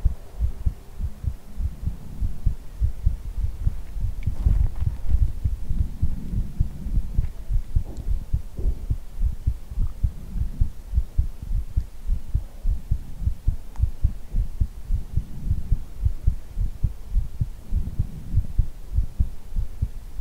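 Steady, deep, muffled thumps of a heartbeat repeat throughout, close to the microphone, with a low hum beneath. This is an ordinary adult heartbeat in an ASMR recording meant to feel like having one's head hugged against a chest.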